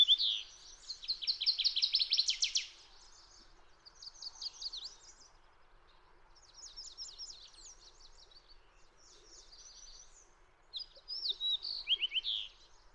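Fox sparrow singing: a loud, quick run of sweet whistled notes ending in a buzzy trill, then several shorter twittering phrases with pauses between them.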